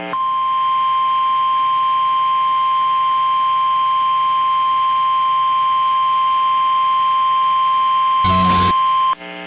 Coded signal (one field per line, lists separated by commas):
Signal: Emergency Alert System (SAME) tones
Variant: 853 and 960 Hz attention tone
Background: music